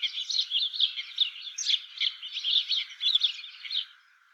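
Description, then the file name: House sparrow chatter, dense overlapping chirps and cheeps forming a continuous noisy twittering that fades out at the end. "Passer domesticus"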